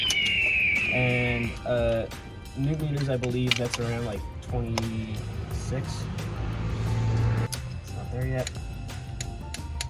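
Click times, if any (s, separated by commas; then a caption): 9.8 s. On a Saab 9-5, during replacement of the ignition cassette and spark plugs, a new spark plug is tightened into the aluminium cylinder head with a click-type torque wrench set to 18 ft-lbs. Someone talks while the wrench is pulled, and after it is not there yet the pulling continues until the wrench clicks at 9.8 s. This confirms the plug has reached the set torque.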